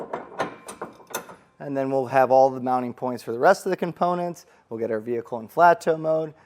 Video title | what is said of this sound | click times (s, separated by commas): etrailer - Installing the Roadmaster Direct-Connect Base Plate Kit on a 2025 Buick Encore GX | So you just rotate around until you hear that snap. It's good to go. | 1.1 s